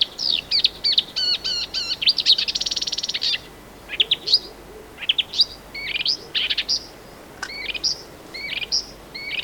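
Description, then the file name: Marsh warbler singing a fast, varied run of high chips, a dense buzzy burst, and scratchy slurred notes that change from phrase to phrase. "Marsh Warbler (Acrocephalus palustris)"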